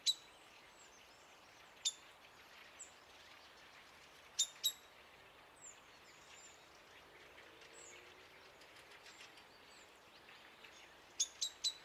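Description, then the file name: Common blackbird sharp tick calls scattered singly and in pairs, ending with a quick run of three, amid low hiss and faint thin chirps. "Turdus merula"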